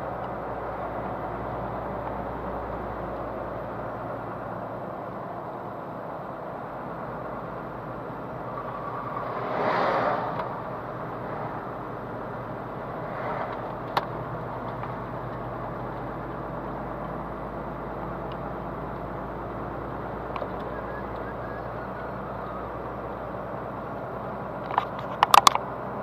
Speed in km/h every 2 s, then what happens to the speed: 39, 39, 38, 36, 34, 33, 32, 32, 35, 36, 37, 38, 40.
0-14 steady at about 34. 14-26 speeds up to 40.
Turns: none.